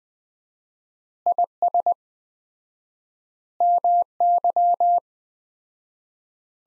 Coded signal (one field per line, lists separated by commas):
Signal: Morse code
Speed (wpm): 20 wpm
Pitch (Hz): 700 Hz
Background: none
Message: IS MY